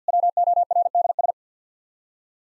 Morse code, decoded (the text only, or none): WORDS